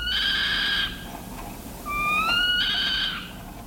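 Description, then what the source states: Northern Saw-whet Owl giving two high, drawn-out mewing calls, a flat note then a rising slurred one. Decidedly uncanny, high-pitched meow given when agitated or threatened.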